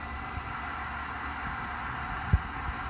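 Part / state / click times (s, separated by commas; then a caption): plastic handle mount onto spin mop stainless steel basket / not seated / none. A plastic handle mount for a CycloMop spin mop's stainless steel basket is handled while the plastic piece is being warmed to make it pliable before it is pushed on. A steady broadband hiss runs throughout, with soft low thumps near 0.4 s and 2.7 s and a stronger one near 2.3 s. The mount has not snapped or clicked into place yet.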